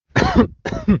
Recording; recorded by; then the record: voluntary cough; messaging app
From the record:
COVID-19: positive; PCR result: self-reported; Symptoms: no